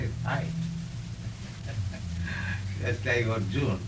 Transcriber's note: laughs